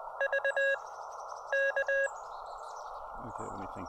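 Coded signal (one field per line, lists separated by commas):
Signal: Morse code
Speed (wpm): 20 wpm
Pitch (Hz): 590 Hz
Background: speech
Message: VK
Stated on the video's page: Morse from a combined summit and two-park activation at one site.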